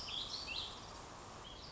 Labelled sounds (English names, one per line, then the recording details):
Warbling Vireo
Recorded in Sonoma County, California